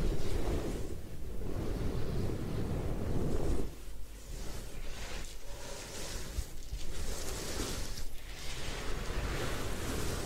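A hair wash at a head spa: a steady, dense rush of water with a heavy low rumble that drops away suddenly a little before the four-second mark. Softer, rhythmic swells of rubbing and sloshing recur about every second or two throughout.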